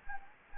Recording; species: mosquito wingbeat signal from an infrared sensor; Anopheles gambiae